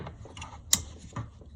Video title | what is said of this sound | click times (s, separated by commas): Mercedes S63 Rescue and Fuel Filter Fix-W221 Chassis, M156 Engine | Good, satisfying click. Nice | 0.7 s